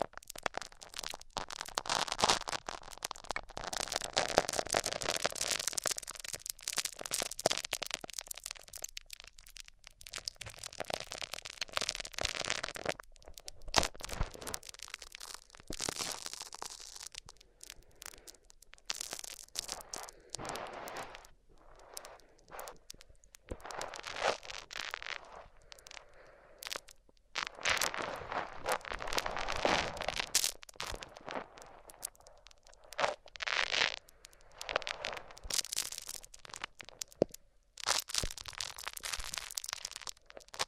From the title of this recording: Rubbing Mics On Different Surfaces